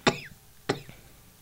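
Two short, sharp coughs from an adult woman, about half a second apart, each a sudden explosive burst that fades quickly, in a quiet small room. An ordinary dry-sounding cough, with no wheeze or breathing noise between them.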